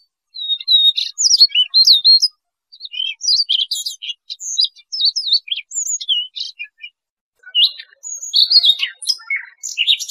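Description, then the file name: Siberian rubythroat song, a continuous stream of quick whistled notes rising and falling in pitch, broken by a few short pauses, with scratchy notes near the end. "Tieng chim oanh co do"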